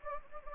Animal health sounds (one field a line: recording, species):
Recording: mosquito wingbeat signal from an infrared sensor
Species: Anopheles gambiae